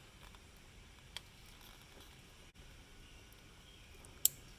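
A plastic engine cover is pulled up by hand, reaching for its black underside, until the hidden clip holding it to its mount on the engine lets go. A faint tick sounds around 1.2 s over low background noise, then the clip snaps loose with a sharp, loud snap at 4.3 s. The cover clip is released.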